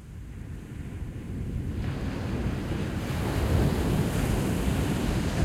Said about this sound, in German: Äquator. Südhalbkugel. Am Heck des Schiffes versuchen die auseinanderstrebenden Wellen noch einen Moment den Zusammenhalt zu wahren. Der Ozean aber ergreift sie mit seinen Wirbeln, sie zerbrechen, dehnen und verlieren sich.